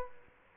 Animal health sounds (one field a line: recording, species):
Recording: mosquito wingbeat signal from an infrared sensor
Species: Aedes albopictus